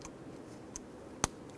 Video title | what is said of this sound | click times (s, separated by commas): How to Replace Camshaft Position Sensor 2006-2010 Hummer H3 3.7L L5 | Press it till you hear it lock in. | 1.2 s